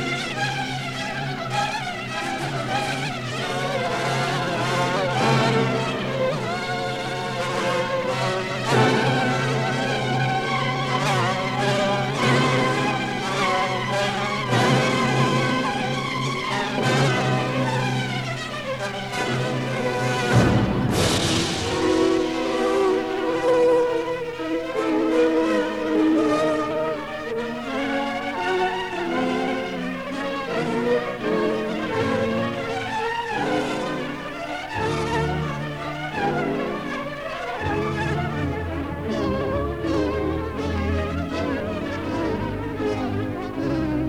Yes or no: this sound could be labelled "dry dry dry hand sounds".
no